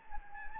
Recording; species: mosquito wingbeat signal from an infrared sensor; Anopheles gambiae